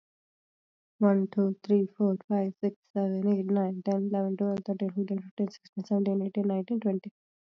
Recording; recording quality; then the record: counting at a fast pace; excellent, no background noise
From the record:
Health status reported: healthy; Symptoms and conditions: none ticked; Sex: female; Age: 19 years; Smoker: not ticked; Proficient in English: yes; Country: India